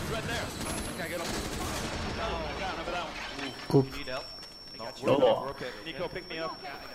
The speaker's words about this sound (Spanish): El sistema de destrucción es la leche. Vaya boquetazo que han abierto en la pared. Con la explosión.